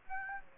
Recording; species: mosquito wingbeat signal from an infrared sensor; Aedes aegypti